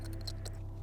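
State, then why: Not seated. A plastic wiring-harness connector is handled at the remote starter's T-harness socket during a remote engine starter installation on a 2019–2021 Kia Forte / Cerato with key ignition. Light plastic ticks and rustles come around 0.1–0.3 s and again near 0.5 s over a steady low hum. The connector has not seated or clicked in yet.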